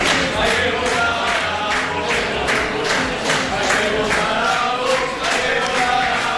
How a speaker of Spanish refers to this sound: Son los más jóvenes de la sala cantando entre aplausos "Hay que votar a Vox" y ahora mismo acaban de hacer una ola. A diferencia de otras sedes, aquí, como decimos, ya empieza a ser una verdadera fiesta con estos primeros resultados.